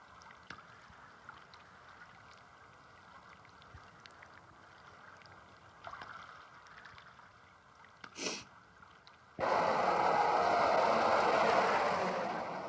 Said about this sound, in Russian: Едут в машине по городу.